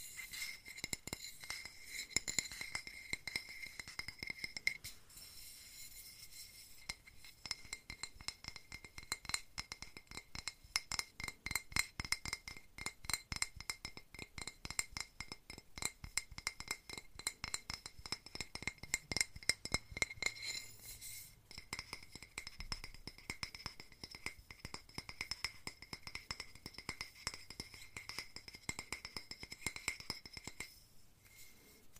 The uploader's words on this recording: Random Triggers | No Talking | Binaural. A glass bottle, duct tape, a bag of safety pins, and a seashell.